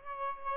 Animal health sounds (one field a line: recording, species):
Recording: mosquito wingbeat signal from an infrared sensor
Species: Aedes albopictus